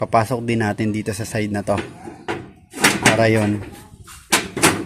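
Someone talks while pushing the steel bolt of a homemade DIY gate lock back into its keeper on the other side of the gate. A metallic hit at 4.6 s marks the bolt sliding home and seating, leaving the gate locked on that side and ready to be padlocked.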